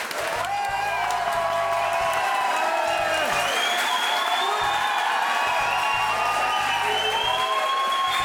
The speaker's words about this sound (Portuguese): Quando eu falar, todo mundo aplaude pra valer. Okay, pode gritar, pode falar viva, o que você quiser.